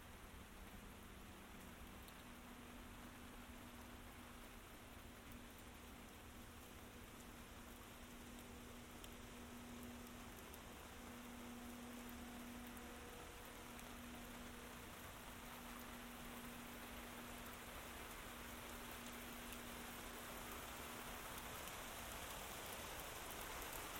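A heavy night downpour hisses steadily, thick and unbroken, with water running and pattering. The rain swells slightly louder after about ten seconds. A faint low hum drifts underneath through most of the clip.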